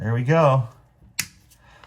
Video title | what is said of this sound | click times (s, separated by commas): SAVE BIG $$$...Kohler Devonshire Complete Toilet Rebuild | let's try two clicks see how that rolls | 1.2 s